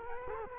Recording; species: mosquito wingbeat signal from an infrared sensor; Culex quinquefasciatus